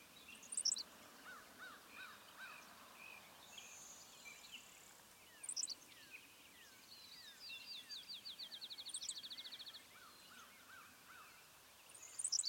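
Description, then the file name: Savannah sparrow song, faint under steady hiss: high lisping chips and a fast buzzy trill, with softer lower chirps. "Passerculus sandwichensis - Savannah Sparrow"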